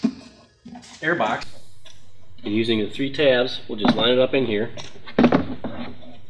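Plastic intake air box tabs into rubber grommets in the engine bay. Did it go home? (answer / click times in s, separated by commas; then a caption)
no / none. Someone talks while lining up a plastic intake air box by its three tabs over the rubber grommets in the engine bay of a 2016+ Camaro during a Holley In-Tech install. A few short handling knocks come around 5.2 seconds. Nothing has seated or clicked yet.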